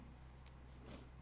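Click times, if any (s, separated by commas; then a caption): 0.5 s. A large-size band end is lined up with the slot in a silver/porcelain Fitbit Charge 6 fitness tracker case and pushed in until it latches. Over a steady low hum, a short, sharp, faint click comes at 0.5 s, followed by a soft, brief rustle near 0.9 s. The band is seated in the tracker.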